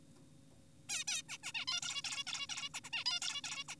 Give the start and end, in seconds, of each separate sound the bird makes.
0.89-1.04, 1.08-1.22, 1.29-1.38, 1.44-1.52, 1.55-1.65, 1.68-1.80, 1.82-2.02, 2.04-2.24, 2.27-2.47, 2.50-2.69, 2.74-2.80, 2.84-2.90, 2.93-3.04, 3.06-3.20, 3.22-3.42, 3.44-3.64, 3.68-3.75